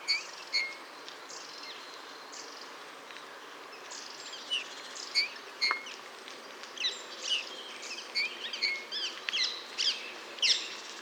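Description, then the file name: Eurasian bullfinch calls: many short clear whistled notes, some sliding, repeated irregularly and busier towards the end. "Pyrrhula pyrrhula"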